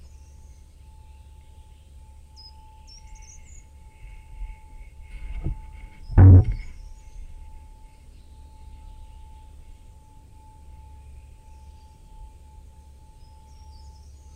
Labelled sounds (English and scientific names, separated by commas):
Short-toed Treecreeper (Certhia brachydactyla)